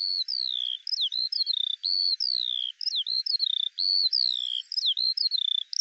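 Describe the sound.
Eurasian skylark song with longer downslurred whistles alternating with quick chirps and short trills, delivered in an uninterrupted high-pitched stream.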